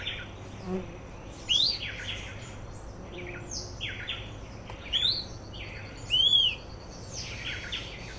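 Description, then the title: Fuscous flycatcher with rising whistles and a curved whistled note among scratchy buzzy phrases, irregularly spaced. Subspecies Cnemotriccus fuscatus fuscatior. "LuckyPassaro Completos2Sama. Fuscous Flycatcher (Cnemotriccus fuscatus fuscatior)"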